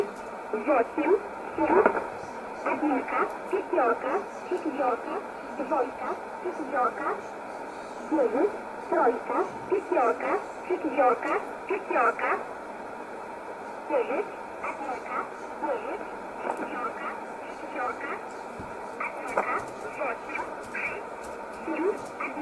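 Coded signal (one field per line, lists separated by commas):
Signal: numbers station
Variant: S11a Cherta, Russian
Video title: 01 06 2020 S11a Cherta Numbers station in Russian 0708 on 9339 unknown tx site in USB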